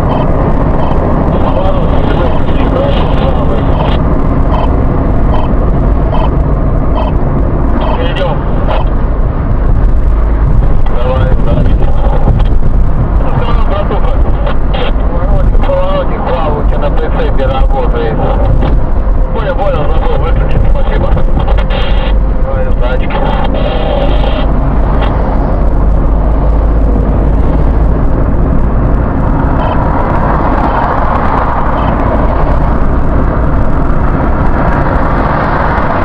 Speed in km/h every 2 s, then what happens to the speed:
79, 75, 66, 59, 57, 57, 57, 55, 53, 53, 53, 53, 55, 59, 61, 62, 64, 68.
0-7 slows to 57. 7-22 steady at about 53. 22-36 speeds up to 68.